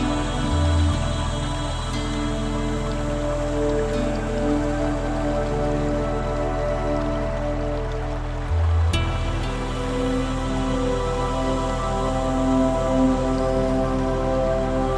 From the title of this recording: Chakra Meditation Music and Relaxing Nature Sounds